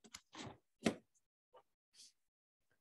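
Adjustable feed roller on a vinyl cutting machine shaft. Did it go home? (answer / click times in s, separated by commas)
yes / 0.9 s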